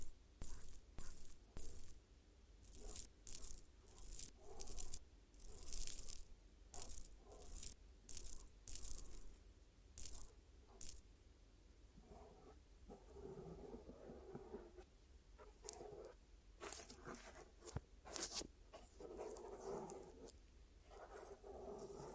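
Glue ear massage and cleaning: a stream of soft crunchy scrapes and crackles that comes in quick bursts, steady low rumble underneath.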